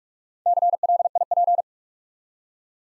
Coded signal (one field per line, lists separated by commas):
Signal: Morse code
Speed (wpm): 44 wpm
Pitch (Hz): 700 Hz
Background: none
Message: CLIP